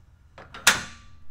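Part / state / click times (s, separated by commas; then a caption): jack locking pin into trailer tongue jack / seated / 0.7 s. A trailer tongue jack is moved after its pin is pulled, producing two soft scraping sounds around 0.4 and 0.55 seconds. The spring-loaded steel jack pin then snaps sharply into its locking hole at 0.7 seconds with a bright metallic click. The jack is locked in place.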